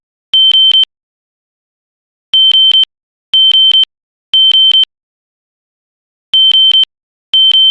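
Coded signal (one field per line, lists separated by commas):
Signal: alarm pattern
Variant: temporal-3, interrupted 3 kHz horn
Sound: high 3 kHz chattering beeps, three half-second bursts, pause, repeating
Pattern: temporal three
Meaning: Temporal-3 pattern signals fire evacuation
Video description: This is a sound effect of the System Sensor SpectrAlert Classic horn strobe on it's temp 3 3k setting to sound like an old smoke alarm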